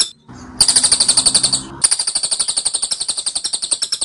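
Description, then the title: Scaly-crowned honeyeater song of quick, evenly spaced shrill chips in a rapid-fire series with one brief break, the first part over a faint low hum. Rapid, dense, insistent 'tembakan' (rapid-fire) song from a bird in vigorous song, used as a master training recording for Oriental magpie-robin. "Tembakan Cililin Rapat Ngotot Durasi Panjang Suara Cililin Gacor Untuk Masteran Murai Batu"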